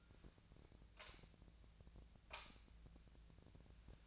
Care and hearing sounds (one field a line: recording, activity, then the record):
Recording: daily activity, microphone in the room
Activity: light on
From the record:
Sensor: 2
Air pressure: 1009.7 hPa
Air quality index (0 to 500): 181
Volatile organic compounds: 10 ppm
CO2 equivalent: 2262 ppm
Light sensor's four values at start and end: 27/66/29/31 and 32/84/35/38